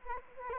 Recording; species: mosquito wingbeat signal from an infrared sensor; Anopheles gambiae